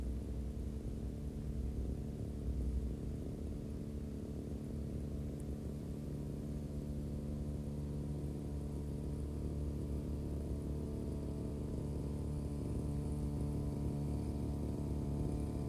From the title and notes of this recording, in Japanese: ひたすら草刈り機で草刈り。梅雨真っ只中。草刈り機でネギの列、そして畑まわりを刈っていきます。録音場所は固定なので、あっちへ行ったり、こっちへ行ったりがわかりますね。